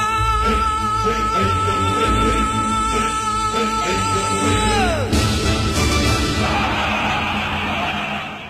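The theme song of the 1998 TV series Water Margin reaches its finale: full, loud orchestral backing under a long held vocal note that slides downward, then a bright cymbal-washed final chord that rings out and begins to fade.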